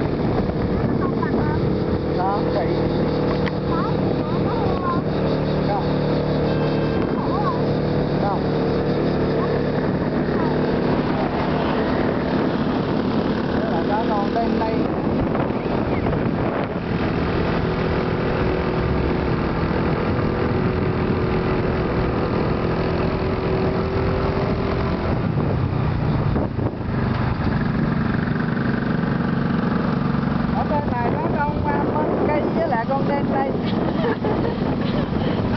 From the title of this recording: Motorbike ride around Monkey Mountain, Da Nang, Vietnam